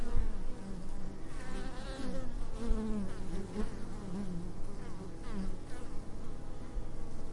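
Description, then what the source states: Honey bees buzzing, several individuals weaving past with brief rising and falling whines over a constant low drone, with occasional soft thumps. Bees in a meadow close to a hive.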